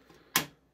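The top plastic lens of a Crayola Sketch Wizard drawing kit is pulled up firmly into the kit's lens arm. At 0.4 seconds it gives one sharp, loud snap that rings briefly and fades over a quiet background. The lens is seated in position.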